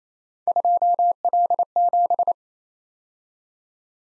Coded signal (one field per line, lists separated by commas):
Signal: Morse code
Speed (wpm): 27 wpm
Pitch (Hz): 700 Hz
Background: none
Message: 2L7